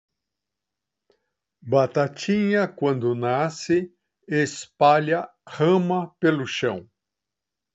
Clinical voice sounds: short text; Brazilian Portuguese; male; 70 to 79 years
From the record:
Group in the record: control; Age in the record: 76 years

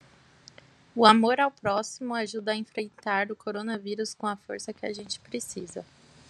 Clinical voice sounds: spoken sentence; Brazilian Portuguese; female; 20 to 29 years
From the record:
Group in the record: control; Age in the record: 27 years

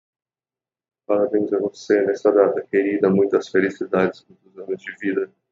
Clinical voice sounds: short text; Brazilian Portuguese; male; 20 to 29 years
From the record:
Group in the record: control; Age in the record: 27 years

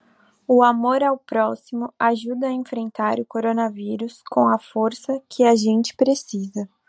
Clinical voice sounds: spoken sentence; Brazilian Portuguese; female; 20 to 29 years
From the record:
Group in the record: control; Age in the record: 25 years

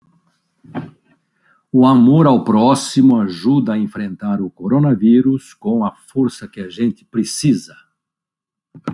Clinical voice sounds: spoken sentence; Brazilian Portuguese; male; 70 to 79 years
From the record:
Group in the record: control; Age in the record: 71 years

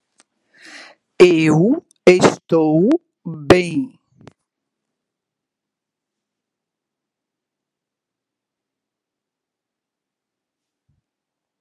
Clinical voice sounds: spoken sentence; Brazilian Portuguese; female; 50 to 59 years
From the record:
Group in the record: control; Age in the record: 54 years

